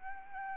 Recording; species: mosquito wingbeat signal from an infrared sensor; Aedes albopictus